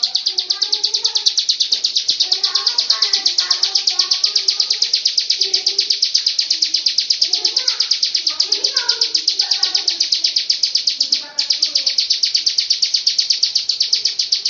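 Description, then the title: Lovebird delivering a long continuous high chattering trill with one tiny break near eleven seconds; many softer bird chirps and whistles underneath. Long ngekek song (ngekek panjang) style. "Audio Lovebird Ngekek Panjang Ciblek"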